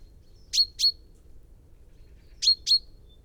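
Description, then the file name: Common chaffinch giving two quick pairs of sharp, high metallic call notes, the pairs about two seconds apart, over a faint low hum. "Fringilla coelebs"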